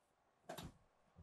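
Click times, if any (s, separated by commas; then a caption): 0.5 s. A motorhome cab swivel seat in a 2025 Newmar Mountain Aire is rotated back to face straight forward. Its swivel lock clicks and engages at 0.5 s, followed by a short rattling thud lasting until about 0.7 s. The seat is locked in the forward position.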